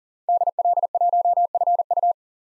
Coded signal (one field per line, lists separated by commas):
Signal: Morse code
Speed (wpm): 40 wpm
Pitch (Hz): 700 Hz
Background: none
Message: DL1FU